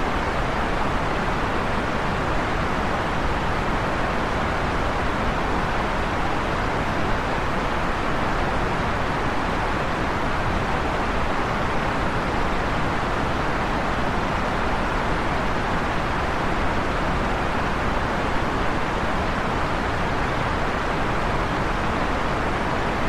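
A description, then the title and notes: Steady, dense white noise holds an even hiss from deep rumble to bright highs for the full length, with no breaks or changes. White Noise.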